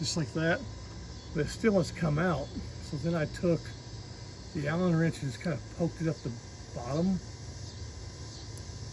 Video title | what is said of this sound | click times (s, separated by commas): Ford uncut raw video of installing a STOF switch for a tuned/deleted 2013 super duty | And then I heard it click. | 8.6 s